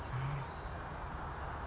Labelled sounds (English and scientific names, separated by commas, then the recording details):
Western Flycatcher (Empidonax difficilis)
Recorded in Sonoma County, California